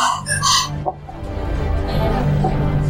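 Chickens cluck in a few short, bright bursts at the start, then a steady rustling background with a low hum takes over for the rest.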